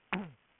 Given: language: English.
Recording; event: throat vibration sensor signal played as sound; throat clearing